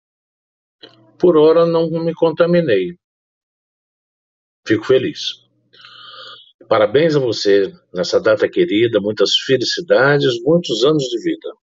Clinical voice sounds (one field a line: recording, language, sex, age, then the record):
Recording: short text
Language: Brazilian Portuguese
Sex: male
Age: 60 to 69 years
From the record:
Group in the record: control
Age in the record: 65 years